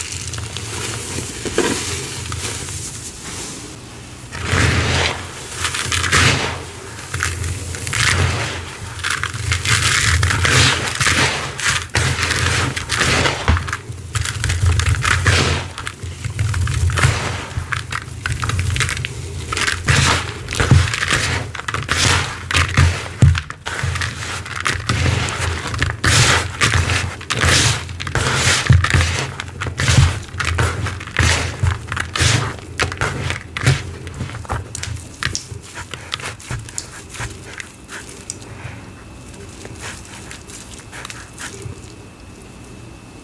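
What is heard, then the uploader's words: Soap paste is mixed and squeezed, giving a dense run of wet, sticky crackles and squelches. The clicks come quickly and irregularly, with a low hum underneath. The sounds stay busy for most of the clip and thin out near the end. Making Zote Soap Balls Oddly Satisfying ASMR Soap BTS. ASMR soap, mixing, paste sounds, sponge squeezing, making soap balls.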